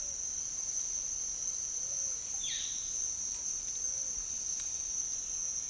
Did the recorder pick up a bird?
yes